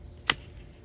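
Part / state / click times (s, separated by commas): brush attachment onto spray wand / seated / 0.3 s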